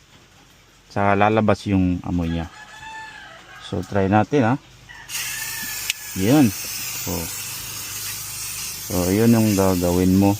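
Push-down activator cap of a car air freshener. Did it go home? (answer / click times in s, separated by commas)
yes / 5.9 s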